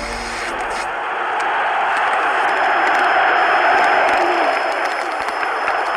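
A vast crowd of tens of thousands on the great square of the Forum in Algiers, Algeria, on 4 June, roars and cheers continuously, acclaiming General de Gaulle, a dense wall of voices and applause that swells slightly and holds steady for the whole stretch, with no single voice standing out.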